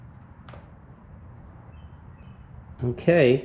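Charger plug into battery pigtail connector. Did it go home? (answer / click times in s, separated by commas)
yes / 0.5 s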